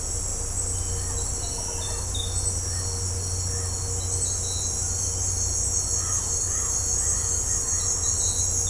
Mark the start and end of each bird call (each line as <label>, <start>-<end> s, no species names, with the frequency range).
bird call (0.7-2.1 kHz), 0.83-1.93 s
bird call (0.7-2.6 kHz), 3.48-3.84 s
bird call (0.4-2.6 kHz), 5.94-8.10 s